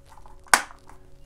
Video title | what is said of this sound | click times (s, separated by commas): crystal lites mounting to wall | a light touch doing a little wiggle back and forth and it snaps in place to give you an attractive cover | 0.5 s